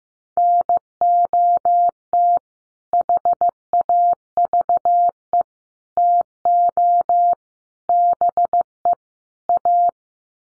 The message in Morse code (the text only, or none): NOT HAVE TO BE A